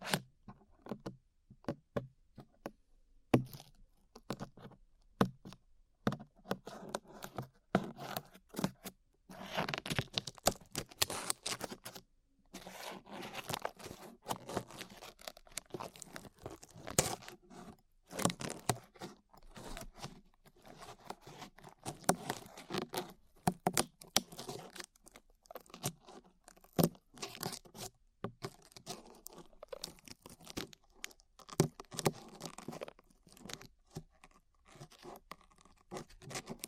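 Glue is peeled away in a dense run of sharp crackles, sticky snaps and soft tearing sounds, with scattered pops reaching into the bright highs. The texture is irregular and busy throughout, thinning briefly near the start and around twelve seconds, with short gaps of near silence.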